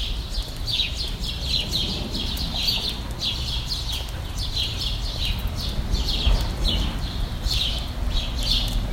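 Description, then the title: Birds twitter in rapid repeated bursts of bright chirps, continuing throughout over a low background rumble. "Birds Chirping Meditation"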